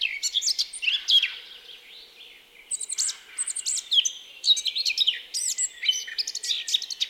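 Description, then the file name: Eurasian blackcap warbling in quick bursts of chattering and sliding high notes, with a short quieter gap early on. "Sylvia atricapilla"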